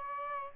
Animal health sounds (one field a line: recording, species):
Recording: mosquito wingbeat signal from an infrared sensor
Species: Aedes albopictus